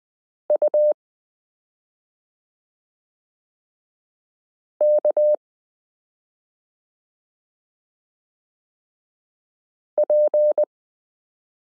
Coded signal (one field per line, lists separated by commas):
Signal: Morse code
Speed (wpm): 20 wpm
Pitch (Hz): 600 Hz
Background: none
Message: U K P